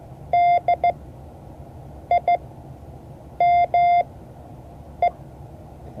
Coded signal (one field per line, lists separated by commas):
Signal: Morse code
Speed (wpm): 16 wpm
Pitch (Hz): 700 Hz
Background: none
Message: DIME